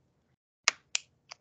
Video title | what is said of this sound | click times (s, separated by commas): Pump 101 video 3: Parts of an insulin pump | satisfying click okay let me get back to the PowerPoint | 0.7 s